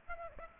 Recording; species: mosquito wingbeat signal from an infrared sensor; Aedes aegypti